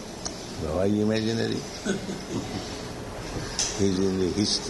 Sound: laughter

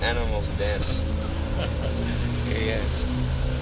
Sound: laughs

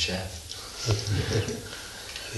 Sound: laughter

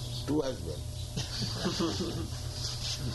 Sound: laughter

